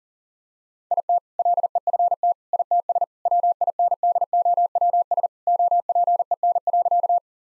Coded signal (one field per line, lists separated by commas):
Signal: Morse code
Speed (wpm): 40 wpm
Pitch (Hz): 700 Hz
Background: none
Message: IT LEFT ITS WINDOWS OPEN.